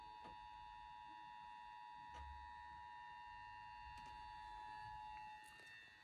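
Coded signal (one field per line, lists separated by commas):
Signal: Emergency Alert System (SAME) tones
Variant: 853 and 960 Hz attention tone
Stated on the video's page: Demonstration: ENDEC receives an alert from an iPad and relays it on air on a home radio station, controlled remotely by software.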